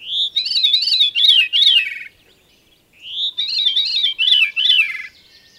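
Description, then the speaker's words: Veery song: two phrases of fluty, wavering notes spiralling downward, each about two seconds long, separated by a pause of about a second. Sings at dusk; lives in moist, mature woodlands over much of Wisconsin and Minnesota, commonest in northern parts; so shy it is heard more often than seen. "It performs its outdoor concerts at dusk with spring peepers and chorus frogs singing backup."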